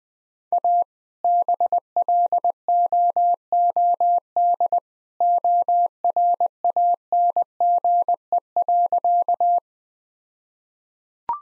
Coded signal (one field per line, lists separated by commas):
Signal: Morse code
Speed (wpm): 21 wpm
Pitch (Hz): 700 Hz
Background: none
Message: A BLOOD ORANGE.